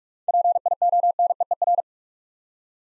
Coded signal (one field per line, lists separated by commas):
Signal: Morse code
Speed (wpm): 44 wpm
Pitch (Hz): 700 Hz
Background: none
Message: PIONEER